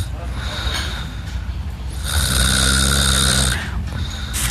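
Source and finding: Adult woman, sleeping. Snoring.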